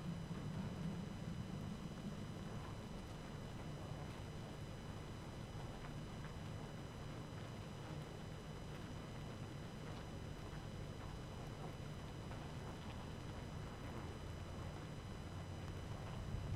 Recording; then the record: honeybee colony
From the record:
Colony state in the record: active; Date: 12 June 2018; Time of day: 19:44